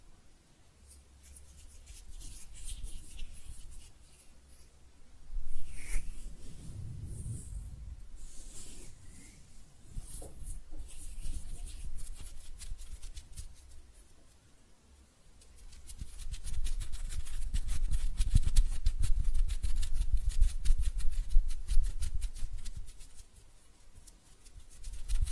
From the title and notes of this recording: ASMR Relaxing Hand Sounds (No Talking).